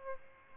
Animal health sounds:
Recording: mosquito wingbeat signal from an infrared sensor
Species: Aedes albopictus

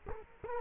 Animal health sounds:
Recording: mosquito wingbeat signal from an infrared sensor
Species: Culex quinquefasciatus

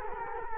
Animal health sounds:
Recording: mosquito wingbeat signal from an infrared sensor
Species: Culex quinquefasciatus

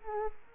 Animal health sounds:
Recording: mosquito wingbeat signal from an infrared sensor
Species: Culex quinquefasciatus

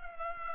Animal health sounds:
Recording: mosquito wingbeat signal from an infrared sensor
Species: Culex pipiens

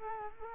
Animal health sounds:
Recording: mosquito wingbeat signal from an infrared sensor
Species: Culex quinquefasciatus

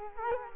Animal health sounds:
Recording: mosquito wingbeat signal from an infrared sensor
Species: Culex quinquefasciatus

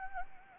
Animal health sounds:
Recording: mosquito wingbeat signal from an infrared sensor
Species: Anopheles gambiae

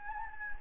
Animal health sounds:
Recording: mosquito wingbeat signal from an infrared sensor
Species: Anopheles gambiae

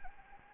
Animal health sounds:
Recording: mosquito wingbeat signal from an infrared sensor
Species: Anopheles gambiae

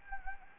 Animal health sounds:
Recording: mosquito wingbeat signal from an infrared sensor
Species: Anopheles gambiae

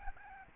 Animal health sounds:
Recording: mosquito wingbeat signal from an infrared sensor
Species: Aedes albopictus

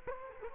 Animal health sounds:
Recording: mosquito wingbeat signal from an infrared sensor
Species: Culex quinquefasciatus

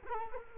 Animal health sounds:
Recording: mosquito wingbeat signal from an infrared sensor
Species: Culex quinquefasciatus

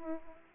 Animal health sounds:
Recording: mosquito wingbeat signal from an infrared sensor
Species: Aedes aegypti

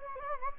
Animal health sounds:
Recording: mosquito wingbeat signal from an infrared sensor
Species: Anopheles gambiae

